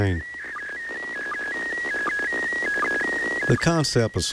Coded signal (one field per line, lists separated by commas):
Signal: SSTV (slow-scan television)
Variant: PD 180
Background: speech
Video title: Ham Nation 178: Happy 2015!